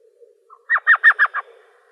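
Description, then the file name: Elf Owl chattering call: a short run of five quick, yelping notes, preceded by a faint soft note, with quiet background. Arizona; recorded 23 April 2003. "ELOW 2 deviche"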